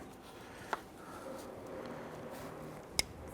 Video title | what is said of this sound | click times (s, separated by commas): How to Replace Harmonic Balancer 1999-2004 Jeep Grand Cherokee 4.7L V8 | you're going to hear it click press that lock red lock tab over | 3.0 s